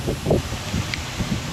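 After a wafer and spring popped back out and failed to lock in, a small metal lock wafer is re-seated into its spring slot in an ignition lock cylinder. Two sharp, short clicks sound at 0.3 s and 0.9 s over low rumbling background noise. The wafer seats and locks into the tumbler.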